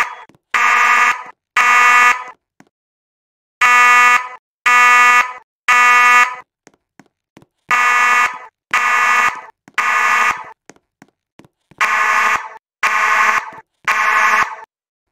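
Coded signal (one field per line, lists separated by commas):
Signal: alarm pattern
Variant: Temporal-3 (Code 3)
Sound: harsh buzzing horn blasts in repeating groups of three, each group followed by a pause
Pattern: temporal three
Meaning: Evacuate the building: fire alarm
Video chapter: Code 3 / Temporal 3 3:37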